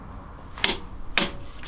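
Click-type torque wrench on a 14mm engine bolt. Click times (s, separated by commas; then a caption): 1.2 s. A click-type torque wrench tightens a 14mm bolt on a Honda CB250 motorcycle engine, with a first sharp metallic tick at about 0.6 s. The wrench then gives a louder, crisp metallic click at 1.2 s as it reaches its torque setting, confirming the bolt is done up.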